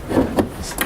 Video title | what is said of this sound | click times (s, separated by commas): Range Rover L322 - Side Steps Fitting Guide | simple pops into place clips in and then you eight mil spanner through | 0.4 s, 0.8 s